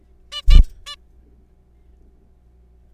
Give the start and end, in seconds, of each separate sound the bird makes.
0.32-0.41, 0.50-0.60, 0.86-0.96